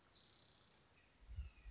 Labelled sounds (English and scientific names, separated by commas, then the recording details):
Red-shouldered Hawk (Buteo lineatus)
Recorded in Sonoma County, California